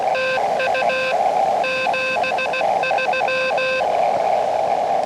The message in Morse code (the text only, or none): TU 73